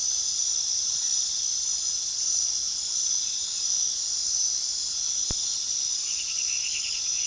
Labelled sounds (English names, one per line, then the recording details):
none
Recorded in pastures near Puerto Asís, Putumayo, Colombia, on 19 February 2024 at 00:30
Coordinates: 0.468, -76.328
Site G6414